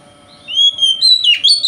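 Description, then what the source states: Oriental magpie-robin with a long rising whistle followed by quick, sharp, higher slurred notes, over a faint electrical hum. Song style called 'konslet' in Indonesian, presented as a song that provokes other magpie-robins.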